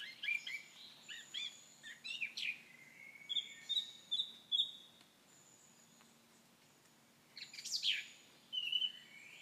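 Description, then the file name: Common nightingale song: quick varied notes, a series of pure high whistles, a pause, then a sharp sweep and trill. "Nachtegaal"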